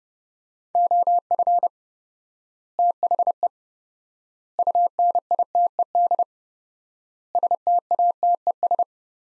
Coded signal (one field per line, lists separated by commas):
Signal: Morse code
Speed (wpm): 30 wpm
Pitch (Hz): 700 Hz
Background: none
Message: OF THE UNITED STATES